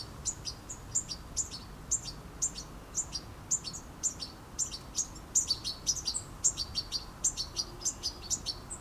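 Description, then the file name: European goldfinch giving a rapid, continuous series of thin, high chirps over a steady background hiss. "Carduelis carduelis"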